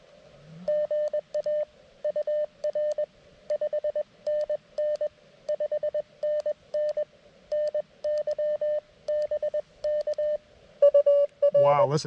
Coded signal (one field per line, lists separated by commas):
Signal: Morse code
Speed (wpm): 20 wpm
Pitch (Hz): 590 Hz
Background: speech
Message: GA UR 5NN 5NN NY BK UR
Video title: CW POTA at Oakely Corners State Forest with the CFT-1